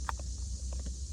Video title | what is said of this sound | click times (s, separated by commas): ANNKE 4MP Outdoor Solar Security Cameras Wireless Review | Make sure it goes all the way in or else you won't get a charge. You'll feel it snap into place. | 0.1 s